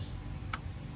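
A plastic push-in wiring harness retainer clip is pressed into its hole in the body or radiator support while the cooling fan wiring is routed across the front of a GM minivan during a radiator replacement. Over a steady low hum, a single short, sharp click sounds at 0.5 s. The clip seats.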